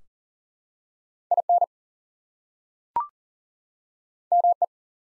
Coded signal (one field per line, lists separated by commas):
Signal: Morse code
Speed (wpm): 40 wpm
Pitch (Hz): 700 Hz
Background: none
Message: IN ME